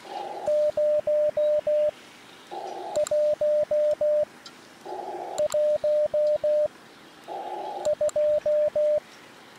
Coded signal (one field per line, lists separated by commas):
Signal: Morse code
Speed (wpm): 16 wpm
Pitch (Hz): 600 Hz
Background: radio noise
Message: 0 1 1 2